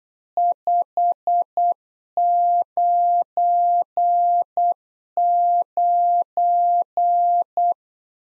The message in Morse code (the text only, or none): 599